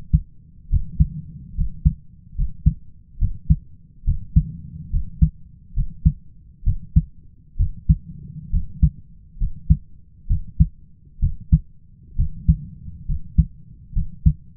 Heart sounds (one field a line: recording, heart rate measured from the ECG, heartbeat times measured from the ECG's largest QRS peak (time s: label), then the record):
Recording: heart sounds by stethoscope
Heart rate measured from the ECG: 68 bpm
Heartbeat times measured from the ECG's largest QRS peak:
0.70 s: heartbeat
1.55 s: heartbeat
2.35 s: heartbeat
3.19 s: heartbeat
4.04 s: heartbeat
4.90 s: heartbeat
5.74 s: heartbeat
6.64 s: heartbeat
7.57 s: heartbeat
8.50 s: heartbeat
9.38 s: heartbeat
10.27 s: heartbeat
11.19 s: heartbeat
12.16 s: heartbeat
13.06 s: heartbeat
13.93 s: heartbeat
From the record:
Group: healthy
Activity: rest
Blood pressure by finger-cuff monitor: 119/67 mmHg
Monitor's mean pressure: 79 mmHg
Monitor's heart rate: 68 bpm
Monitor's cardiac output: 4.8 L/min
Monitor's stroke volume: 70 mL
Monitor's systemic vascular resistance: 1030 dyn s/cm5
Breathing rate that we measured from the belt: 16 breaths a minute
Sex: male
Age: 20 years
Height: 167 cm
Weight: 61 kg